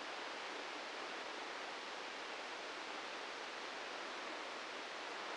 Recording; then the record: brain microelectrode recording played as sound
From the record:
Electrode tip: inside the subthalamic nucleus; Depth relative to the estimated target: -1 mm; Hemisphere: left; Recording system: NeuroSet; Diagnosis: Parkinson's disease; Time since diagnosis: 13 years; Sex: male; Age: 65 years